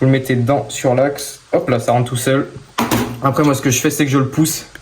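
Someone talks while a steel circlip is spread with circlip pliers and slid onto the shaft of a Euro 3 motorcycle gearbox, to be pushed into its groove. Only speech and faint handling sounds are heard. The circlip has not yet snapped into its groove, and nothing has seated or clicked.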